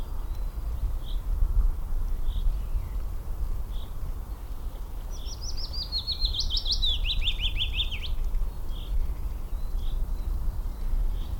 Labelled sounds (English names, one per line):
Willow Warbler song